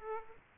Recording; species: mosquito wingbeat signal from an infrared sensor; Aedes aegypti